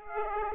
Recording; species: mosquito wingbeat signal from an infrared sensor; Aedes aegypti